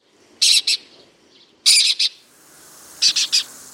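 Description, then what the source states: Lesser kestrel calling in harsh, rasping bursts of two to three quick notes, each group separated by about a second of quiet. Call said to differ from the common kestrel's, likened to a grey partridge, chai-chai-chai rather than ki-ki-ki.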